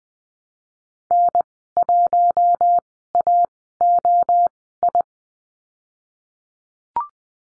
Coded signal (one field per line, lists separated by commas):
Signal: Morse code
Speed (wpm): 20 wpm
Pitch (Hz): 700 Hz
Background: none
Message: N1AOI